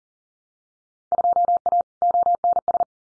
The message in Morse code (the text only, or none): 2A ONS